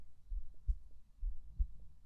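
A normal, healthy heartbeat of an adult woman, picked up by a microphone on her chest: steady, low, soft thumps beating regularly.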